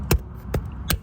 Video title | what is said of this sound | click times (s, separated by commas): DIY 2010 2011 2012 2013 2014 Volkswagen GTI Replacing PCV Diaphragm P2187 | you're going to hear clicks | 0.1 s, 0.6 s, 0.9 s